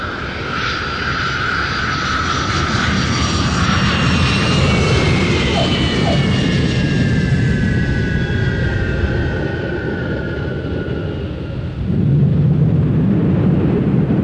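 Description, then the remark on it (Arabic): A steady, loud roar of a passenger airplane's engine as it prepares to land, with whining tones gliding downward through the middle, and a deeper rumbling surge toward the end. “يرجى من السادة الركاب ربط الأحزمة والامتناع عن التدخين وذلك استعدادا للهبوط، وشكرا.”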